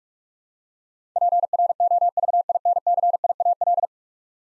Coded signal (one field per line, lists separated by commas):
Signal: Morse code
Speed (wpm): 46 wpm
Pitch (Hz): 700 Hz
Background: none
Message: PROVINCIAL